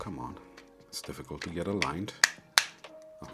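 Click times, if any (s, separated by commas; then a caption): 2.6 s. An internal part is pushed into a cheap flashlight body during an 18650 battery swap, after a struggle to line it up. Someone talks, then one sharp, loud snap at 2.6 s marks the part seating into place.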